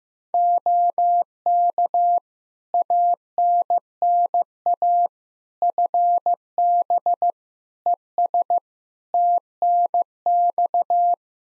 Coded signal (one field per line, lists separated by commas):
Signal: Morse code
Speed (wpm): 15 wpm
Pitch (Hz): 700 Hz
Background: none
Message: OK ANNA FB ES TNX